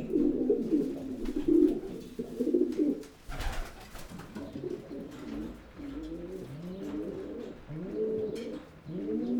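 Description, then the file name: Pigeon cooing in low phrases; a dull thud breaks in midway before softer, rising and falling coos continue. "holub"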